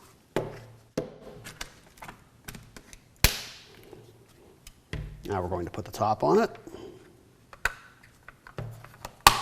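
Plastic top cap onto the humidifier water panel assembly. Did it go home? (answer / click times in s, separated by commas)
yes / 9.3 s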